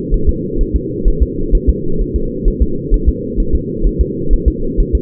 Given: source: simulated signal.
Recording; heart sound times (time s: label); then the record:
fetal heart sounds
0.14 s: S1
0.29 s: S2
0.61 s: S1
0.76 s: S2
1.08 s: S1
1.23 s: S2
1.55 s: S1
1.69 s: S2
2.01 s: S1
2.16 s: S2
2.48 s: S1
2.62 s: S2
2.94 s: S1
3.09 s: S2
3.40 s: S1
3.55 s: S2
3.86 s: S1
4.01 s: S2
4.33 s: S1
4.48 s: S2
4.80 s: S1
4.95 s: S2
From the record:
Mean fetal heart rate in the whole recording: 130 bpm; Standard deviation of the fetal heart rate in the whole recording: 4 bpm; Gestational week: 38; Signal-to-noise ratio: -8.1 dB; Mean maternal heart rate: 72 bpm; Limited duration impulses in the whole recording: absent